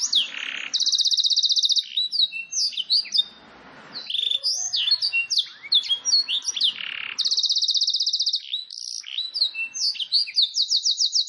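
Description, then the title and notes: Domestic canary song, long even rolled trills alternating with swooping whistled notes, with a brief pause. Long continuous canary song used as a lure and as tutoring material for training wild canaries. "Pikat Kenari GACOR PANJANG INI Cocok Untuk Masteran KENARI LIAR. Masteran burung kenari gacor parah"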